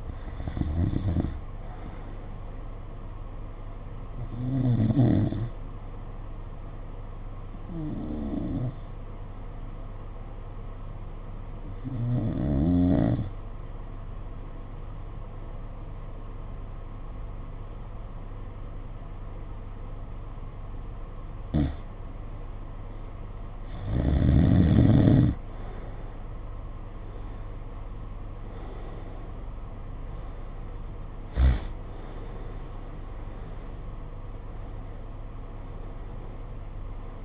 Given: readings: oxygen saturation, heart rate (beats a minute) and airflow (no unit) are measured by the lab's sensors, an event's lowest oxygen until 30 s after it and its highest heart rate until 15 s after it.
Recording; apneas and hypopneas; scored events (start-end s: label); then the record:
breathing in sleep by a smartphone at the bedside; 1
2.00-32.00 s: new sleep stage, N2 (light sleep)
5.00-23.50 s: hypopnea (N2, oxygen 93% highest, then 85% lowest, heart rate 52 at the start, 68 highest)
32.00-37.25 s: new sleep stage, N1 (lightest sleep)
From the record:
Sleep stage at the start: N1 (lightest sleep); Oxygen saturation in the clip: 88 to 93%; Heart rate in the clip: 51 to 68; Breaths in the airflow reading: 9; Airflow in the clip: -8.8 to 8.0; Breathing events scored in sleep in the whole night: 476 in 9.7 hours asleep